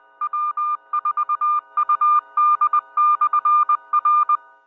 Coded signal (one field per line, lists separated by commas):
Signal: Morse code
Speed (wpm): 20 wpm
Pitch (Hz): 1200 Hz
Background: none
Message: W4UD/R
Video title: Bristol 2 Meter Net